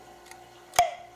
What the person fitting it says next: and you can hear it pop when you open it